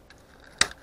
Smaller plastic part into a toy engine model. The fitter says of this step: you just clip it down until it clicks turn it around the